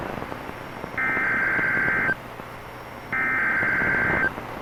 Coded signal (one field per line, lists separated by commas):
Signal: Emergency Alert System (SAME) tones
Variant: header bursts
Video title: Tornado Warning (TN) (4/2/25) [EAS #116]